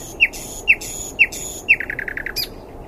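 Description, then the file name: Common nightingale phrase of four spaced, downslurred whistled notes that breaks into a fast stuttering trill and ends on a sharp high note. "Luscinia megarhynchos"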